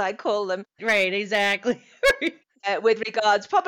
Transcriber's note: right exactly, laughs